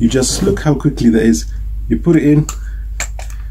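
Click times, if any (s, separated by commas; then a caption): 3.0 s. A camera's small metal quick release plate, which stays on the camera, is pushed into the clamp of a tripod head while someone talks. It latches with a sharp click at 3.0 s, followed by a faint tick, and the plate is seated in place.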